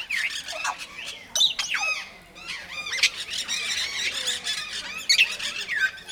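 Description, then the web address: Grey parrot squawking almost continuously, with shrill, harsh calls and brief arched whistles overlapping in a dense, noisy stretch. At Nyíregyháza Zoo in 2019, calm surroundings. "allathangok nyiregyhazizoo 2019 professzionalis jako papagaj nyugiskornyezet nyiregyhaza"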